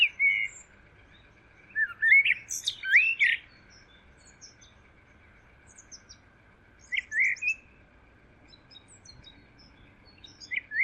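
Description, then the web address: Bird song: a few twisting, slurred whistle phrases separated by long pauses, over a steady high-pitched hum. "Deverinetal. Bird Only"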